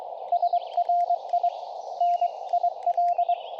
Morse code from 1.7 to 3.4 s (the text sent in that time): NIL